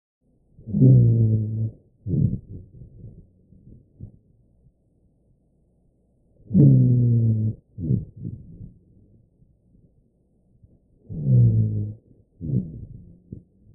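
Rhonchi heard over the chest by stethoscope: a low-pitched musical sound, deeper than a wheeze, attributed to rupture of liquid films in the proximal airways, like a soap bubble bursting; coughing can shift or abolish it by moving the mucus or fluid causing it.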